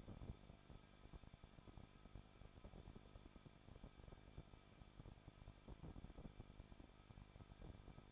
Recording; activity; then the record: daily activity, microphone in the room; no activity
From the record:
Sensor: 5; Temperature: 20.7 degrees Celsius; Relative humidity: 38.6%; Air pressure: 1006.5 hPa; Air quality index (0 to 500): 192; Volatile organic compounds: 21 ppm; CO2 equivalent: 2710 ppm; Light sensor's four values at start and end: 2/3/1/1 and 2/3/1/1